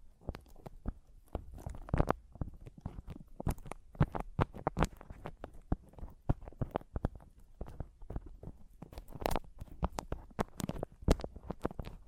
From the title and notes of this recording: ASMR Mic Tapping and Scratching (No Talking).